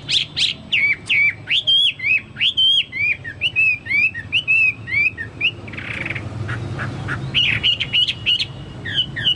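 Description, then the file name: Chinese hwamei song, a rapid string of looped whistled notes, then a scratchy pause and a few more whistles. "hwamei-2-omkicau"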